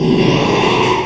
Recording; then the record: squeal of a Yucatan mini pig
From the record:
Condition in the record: after surgery on the right vocal fold (resection and tissue-engineered implant); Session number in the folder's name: 1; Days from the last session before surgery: 6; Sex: male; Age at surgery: 12 weeks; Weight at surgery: 13 kg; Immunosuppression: cyclosporine, prednisolone